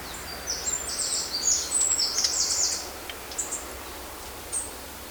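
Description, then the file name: Eurasian wren calling, bursts of very high, rapid, buzzy notes for about two seconds, then a few scattered short notes, over steady hissing background noise. "Troglodytes troglodytes"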